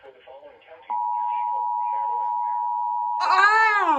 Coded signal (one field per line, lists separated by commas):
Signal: Emergency Alert System (SAME) tones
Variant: 853 and 960 Hz attention tone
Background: speech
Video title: High Wind Warning on NJTV (EAS #155)